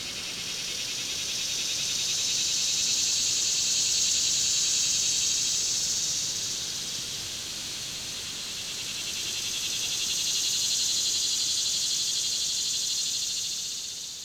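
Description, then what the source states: Insects in a dense, high, pulsing buzz chorus that swells and fades twice in waves, rapid regular pulses throughout. Swelling insect chorus in summer at Ferne Cliff.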